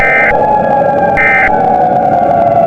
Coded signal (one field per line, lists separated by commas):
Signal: Emergency Alert System (SAME) tones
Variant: end-of-message bursts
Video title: EAS Scenario Special: Hyper Weather Disaster